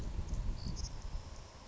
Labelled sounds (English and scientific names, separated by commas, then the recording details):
Savannah Sparrow (Passerculus sandwichensis)
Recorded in Sonoma County, California